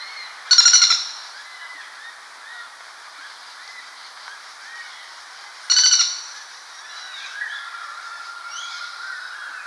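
Common flameback calling twice, each a quick harsh trilling rattle about five seconds apart, with soft chirping and whistling birds behind.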